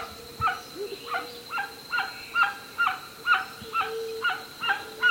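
White-winged guan calling: a series of harsh, honking notes repeated roughly twice a second, with a steady high whining tone running in the background.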